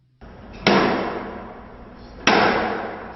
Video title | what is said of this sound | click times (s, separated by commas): Aluminum Snap in/ Clip in Ceiling Installation | the snap tells you the panels are installed properly | 0.7 s, 2.3 s